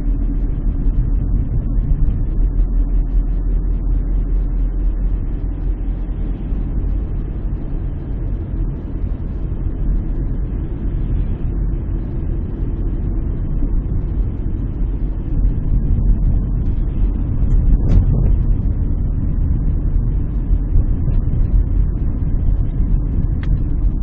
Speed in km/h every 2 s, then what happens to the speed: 31, 32, 33, 35, 34, 34, 34, 34, 32, 31, 32, 32.
0-24 steady at about 32.